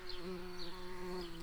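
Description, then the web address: Tree bumblebee buzzing, a steady low droning hum with a constant tone and no breaks. Workers. "bumblebees Hypnorum-workers"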